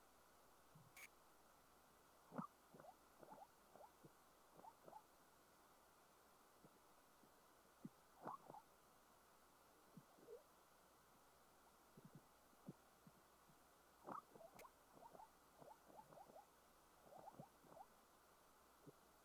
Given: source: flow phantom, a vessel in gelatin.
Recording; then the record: Doppler ultrasound of air bubbles in flowing water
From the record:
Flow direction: perpendicular to the transducer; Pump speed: 150 rpm (540 mL/min); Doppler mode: pulsed wave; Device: 7 MHz transducer